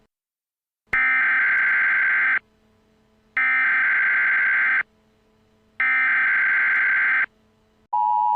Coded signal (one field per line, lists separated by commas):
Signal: Emergency Alert System (SAME) tones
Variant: header bursts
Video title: Mortal Kombat (an EAS scenario)